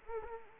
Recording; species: mosquito wingbeat signal from an infrared sensor; Anopheles arabiensis